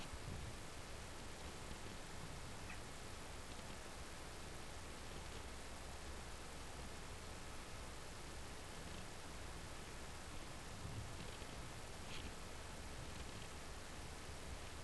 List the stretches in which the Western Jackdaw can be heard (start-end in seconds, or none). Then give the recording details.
2.65-2.78. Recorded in Germany in the breeding season of 2015. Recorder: a small backpack on a wild male jackdaw